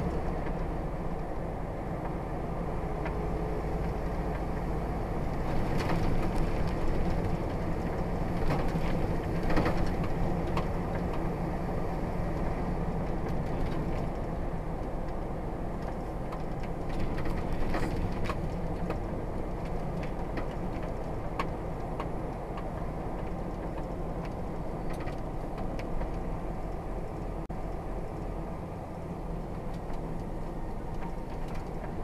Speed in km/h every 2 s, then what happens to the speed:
44, 45, 47, 48, 48, 48, 45, 42, 42, 44, 44, 42, 35, 32, 31, 31.
0-10 steady at about 47. 10-13 slows to 42. 13-21 steady at about 42. 21-27 slows to 31.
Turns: none.